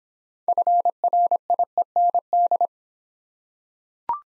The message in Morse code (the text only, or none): FRIEND